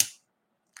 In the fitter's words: that's the other thing with your copics you need to hear that clicking sound when you're closing your marker you know this sound because